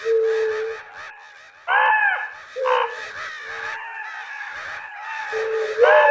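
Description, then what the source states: Crow caws: harsh, hoarse calls in short bursts, with other overlapping rough calls. Fight between a crow and an owl.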